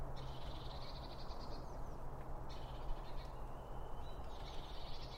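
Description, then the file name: Bird trills: buzzy bursts lasting a second or two, a steady whistled note and another trill at the end, over low background noise. Several birds around a bird feeder, recorded with two Line Audio OM1 microphones. "Birds Around Birdfeeding With Two Om 1 From Line Audio"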